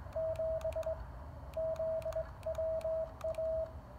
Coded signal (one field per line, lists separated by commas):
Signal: Morse code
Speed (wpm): 20 wpm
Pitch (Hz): 660 Hz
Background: radio noise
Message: 7ZWA